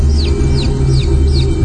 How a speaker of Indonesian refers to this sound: terdengar suara anak ayam yang jelas. Dari sosok perempuan itu.